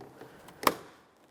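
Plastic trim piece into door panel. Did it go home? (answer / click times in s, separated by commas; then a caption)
yes / 0.7 s. A plastic trim piece is pressed into the door panel of a 2004-2008 Ford F-150 during front mirror replacement, one side first and then the forward side to lock it down. Two faint taps come at about 0.2 s and 0.5 s, then a sharp, bright click at 0.7 s as the trim seats firmly in place.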